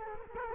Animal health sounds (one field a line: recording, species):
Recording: mosquito wingbeat signal from an infrared sensor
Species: Culex quinquefasciatus